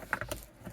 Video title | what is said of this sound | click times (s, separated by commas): Dongar Dashcam Adapter for Hyundai ioniq5 | back on it's just snaps back into place | 0.1 s, 0.2 s, 0.3 s